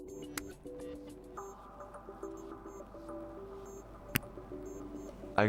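A silicone ear tip is refitted onto the nozzle of an AirPods Pro 3 wireless earbud and seats with sharp, short clicks at 0.4 s, 4.2 s and 5.4 s. Music with steady tones plays underneath throughout.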